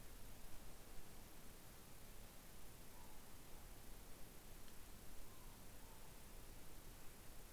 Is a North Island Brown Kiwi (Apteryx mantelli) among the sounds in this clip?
no